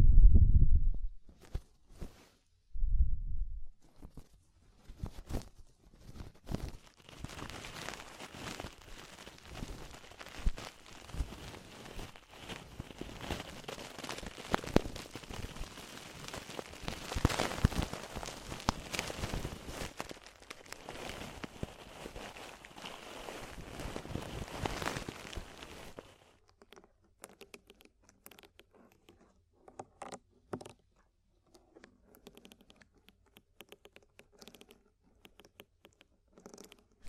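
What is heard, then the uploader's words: Ear-cleaning ASMR: low muffled thumps, then dense crinkly scratching from about 7 to 26 seconds, fading to faint sparse taps. ASMR DEEP Ear Penetrating Cleaning (No Talking).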